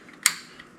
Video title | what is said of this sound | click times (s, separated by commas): Project R gets a fuel system. | pops right in | 0.3 s